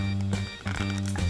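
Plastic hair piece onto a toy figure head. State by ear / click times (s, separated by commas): not seated / none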